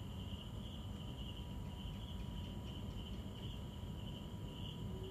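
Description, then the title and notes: Insects calling, a thinner steady high trill with a few soft clicks partway through, over a strong low rumble. Insects calling at night in hot weather as darkness falls around 18.00, An Bang Beach, Hoi An, Vietnam, 2023; fans buzzing nearby. "An Bang Beach Sounds of Hoi An Vietnam 2023. Nightime singing hot Insects calling in the night hot, 18.00 hours darkness descends"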